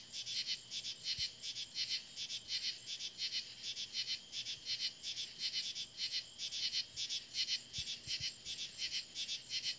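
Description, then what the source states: Insects in a dense chorus, high buzzy pulses repeating rapidly and overlapping, with a steady high hiss underneath throughout. Insect chorus recorded in July.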